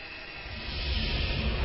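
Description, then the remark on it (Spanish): Spaceship engines start up in the radio show Planeta Alterno, a steady, broad hiss as a deep rumble builds underneath, growing gradually louder over a couple of seconds. No voices are heard. “Motores encendidos. Todo listo para retomar el viaje.”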